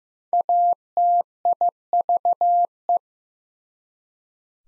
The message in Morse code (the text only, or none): ATIVE